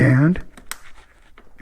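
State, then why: Seated. On a 2020 Husqvarna 701 SuperMoto at its 600-mile service, the fuel line quick-connect fitting is pushed onto the fuel pump outlet after the fuel screen has been replaced. Someone talks briefly, then a sharp click at 0.7 s, followed by faint small ticks near 1.4 s and 1.6 s. The connector is confirmed clicked in and seated.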